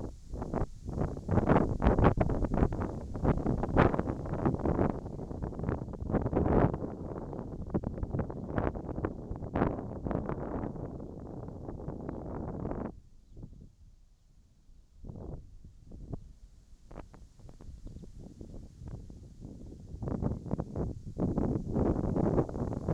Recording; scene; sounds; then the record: everyday scene through a hearing-aid microphone; wind on the microphone; wind, whistling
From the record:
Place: in front of a rural house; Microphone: in the ear canal, right